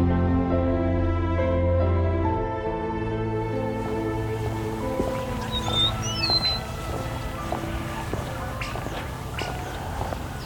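An outdoor evening chorus at sunset, opening with steady low droning tones that ease after about four seconds into a busier, hissing background. A few quick high bird whistles sound near the middle, with scattered sharp clicks throughout.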